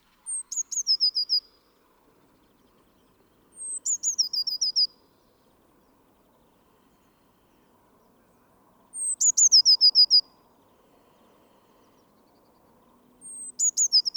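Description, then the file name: Eurasian blue tit calls: a thin high note, then a quick falling run of six to eight short notes. The pattern repeats at irregular intervals of a few seconds against quiet background. "Cyanistes caeruleus"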